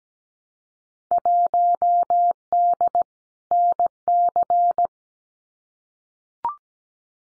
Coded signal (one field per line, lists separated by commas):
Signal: Morse code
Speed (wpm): 17 wpm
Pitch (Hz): 700 Hz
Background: none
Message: 1D NC